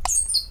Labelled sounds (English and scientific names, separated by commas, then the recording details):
Stitchbird (Notiomystis cincta) song
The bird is a male
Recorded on Tiritiri Matangi Island, New Zealand, in 2005
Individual 14, of nest box 20